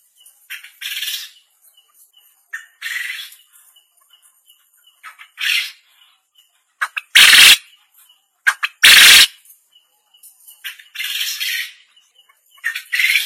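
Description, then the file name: Quail calls as softer scratchy bursts with two much louder harsh blasts midway, interspersed with brief faint chirps. "suara burung puyuh"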